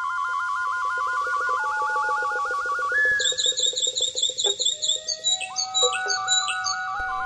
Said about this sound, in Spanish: Radio La Nueva República y Revista Emet presentan El Cenzontle, el pájaro de las 400 voces